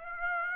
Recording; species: mosquito wingbeat signal from an infrared sensor; Aedes aegypti